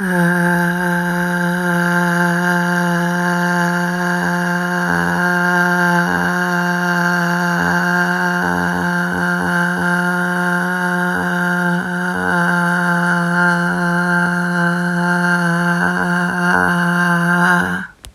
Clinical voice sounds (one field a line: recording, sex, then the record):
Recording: sustained vowel /a/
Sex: female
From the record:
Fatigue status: no fatigue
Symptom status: asymptomatic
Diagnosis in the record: COVID-19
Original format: m4a